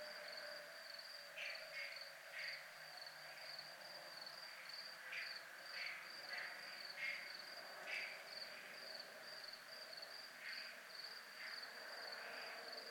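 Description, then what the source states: Crickets chirping in a steady high pulsing trill, with scattered short rasping bursts rising and fading over it. Crickets at a place called zona militar.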